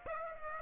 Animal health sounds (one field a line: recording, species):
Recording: mosquito wingbeat signal from an infrared sensor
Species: Aedes aegypti